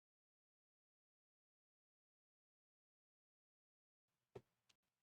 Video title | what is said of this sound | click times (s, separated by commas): A Broken Switch Lite Joystick? | once you get it in there you can just push it down and it should give you a little click | 4.4 s